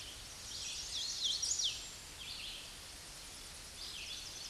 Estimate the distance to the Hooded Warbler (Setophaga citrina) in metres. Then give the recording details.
about 30 m. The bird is about 15 m above the microphone. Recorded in a Pennsylvania forest on 16 May 2024 at 08:11. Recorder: AudioMoth, point MSD-0079. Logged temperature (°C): 16.1 °C. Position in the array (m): 163 m, 103 m